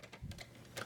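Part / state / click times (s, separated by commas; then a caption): toy stunt bike into the foot of a combining robot toy / not seated / none. A plastic toy stunt bike is lined up with the clip slot and circle under the foot of a plastic combining robot toy and pushed on. Light plastic taps and handling sounds are heard, with a slightly sharper tick at about 0.8 s. The clip ends before the bike goes home, so nothing has seated or clicked into place yet.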